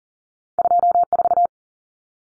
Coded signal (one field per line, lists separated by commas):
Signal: Morse code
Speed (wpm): 40 wpm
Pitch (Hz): 700 Hz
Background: none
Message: 24